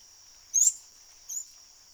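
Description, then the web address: Orinoco piculet giving two sharp, high-pitched squeaks, the second softer, against a continuous shrill insect buzz. "sound Orinoco-piculet. دانلود-صدای-پرنده-دارشکنک-اورینوکو"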